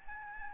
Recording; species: mosquito wingbeat signal from an infrared sensor; Aedes albopictus